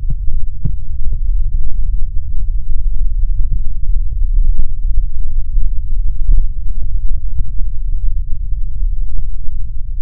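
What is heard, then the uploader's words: Deep, muffled ear cupping with a heavy, steady low rumble, like being underwater. Short soft thumps and light taps break through irregularly every fraction of a second, with a faint steady hum underneath throughout. 超炸腦的摀耳朵. Deep Ear Cupping | Intense Bass & Underwater Sounds | NO Talking.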